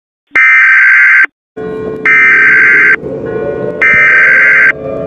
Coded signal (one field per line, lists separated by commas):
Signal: Emergency Alert System (SAME) tones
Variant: header bursts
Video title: EAS Scenario - Nibiru REMASTERED